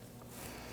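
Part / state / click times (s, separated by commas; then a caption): variable valve timing solenoid into the engine cylinder head / not seated / none. An oiled exhaust variable valve timing solenoid for a 2017–2020 Hyundai Elantra is worked blind into its bore in the engine cylinder head. A steady, low handling rustle is heard that grows slightly louder, with no sharp hit. Nothing has seated or clicked yet.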